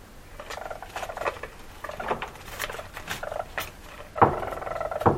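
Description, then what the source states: Weasel trilling call, rapid pulsed chatter in short bursts with a louder rasping burst near the end, plus scattered clicks and rustling. Male.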